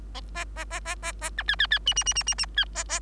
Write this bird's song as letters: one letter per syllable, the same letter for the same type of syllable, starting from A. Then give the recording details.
A A A A A A B C C C D D D D D D C A A. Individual Bird3